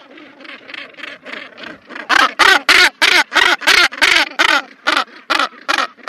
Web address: northern gannet